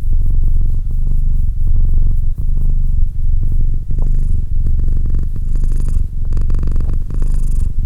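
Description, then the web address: Domestic cat purring, a deep continuous vibration punctuated by short quiet gaps as breathing switches direction. "Cat Purr 201308 Cat purr"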